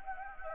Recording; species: mosquito wingbeat signal from an infrared sensor; Anopheles gambiae